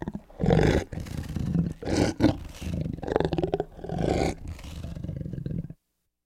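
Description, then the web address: Tiger roaring in several deep, rasping bursts separated by brief pauses, ending in silence. "big cats|tigers"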